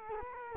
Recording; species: mosquito wingbeat signal from an infrared sensor; Culex quinquefasciatus